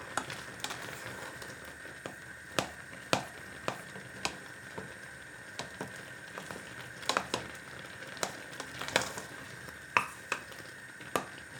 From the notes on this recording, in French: Ça épluche, ça coupe, ça mijote, ça touille